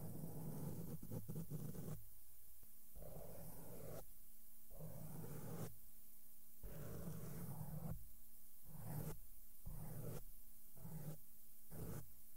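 Makeup brushes sweep across a microphone in soft, rumbling whooshes that come in bursts of one to two seconds, separated by short pauses. The strokes are low and muffled with a brushy hiss on top, and a faint steady hum sits underneath throughout.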